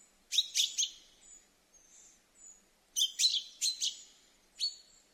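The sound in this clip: Common chaffinch calling with clusters of sharp, high chips followed by fainter thin whistled notes, then another burst of chips and a single clipped note at the end.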